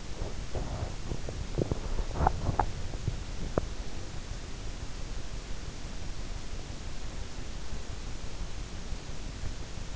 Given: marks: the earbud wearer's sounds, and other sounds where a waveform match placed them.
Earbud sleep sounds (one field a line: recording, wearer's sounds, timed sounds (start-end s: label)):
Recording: sounds in sleep by an in-ear microphone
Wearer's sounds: teeth grinding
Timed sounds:
0.00-3.75 s: teeth grinding